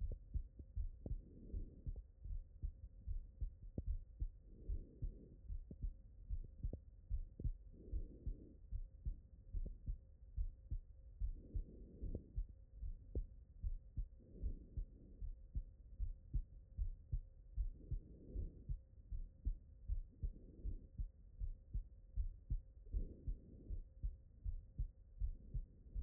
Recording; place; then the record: heart sounds by stethoscope; pulmonary valve (PV)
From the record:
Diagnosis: non-HFrEF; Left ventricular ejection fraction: 73%